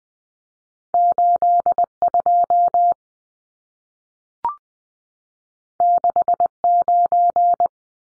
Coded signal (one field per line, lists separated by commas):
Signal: Morse code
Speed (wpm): 20 wpm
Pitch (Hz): 700 Hz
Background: none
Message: 82 69